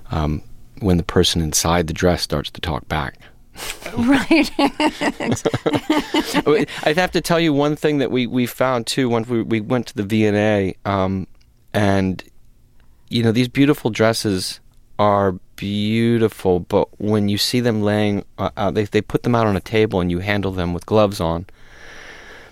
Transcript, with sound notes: when the person inside the dress starts to talk back.
Right.
(LAUGHTER)
I have to tell you one thing that we found, too. When we went to the VNA - and, you know, these beautiful dresses are beautiful. But when you see them laying - they put them out on a table, and you handle them with gloves on.